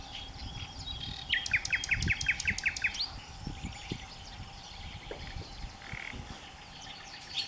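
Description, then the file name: Common nightingale song: a fast series of about eight repeated notes, then quieter scattered phrases, with a steady hum throughout. "Nachtigall mit Gesang - Nightingale singing"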